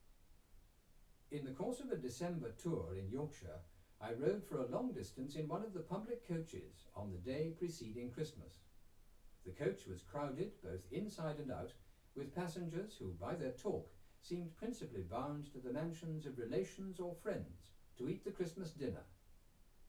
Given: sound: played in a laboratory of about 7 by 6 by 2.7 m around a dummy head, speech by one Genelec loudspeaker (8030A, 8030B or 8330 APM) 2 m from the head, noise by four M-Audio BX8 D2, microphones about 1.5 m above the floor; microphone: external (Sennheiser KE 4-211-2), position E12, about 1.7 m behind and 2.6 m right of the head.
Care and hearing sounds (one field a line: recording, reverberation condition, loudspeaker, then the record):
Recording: male speech in English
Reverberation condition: low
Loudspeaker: 30 degrees to the right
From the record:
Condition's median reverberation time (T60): about 310 ms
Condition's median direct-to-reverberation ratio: about 3.5 dB